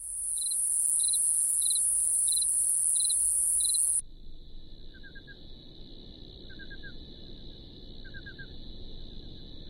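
Cricket chirping in a series of short pulses beside a loud high hiss, then a steady high trill with soft clustered chirps at lower pitch.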